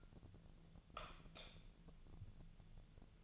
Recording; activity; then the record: daily activity, microphone in the room; light off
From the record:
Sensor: 4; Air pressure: 1000.8 hPa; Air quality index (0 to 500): 124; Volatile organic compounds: 1 ppm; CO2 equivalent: 931 ppm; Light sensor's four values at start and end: 31/79/32/34 and 28/68/28/30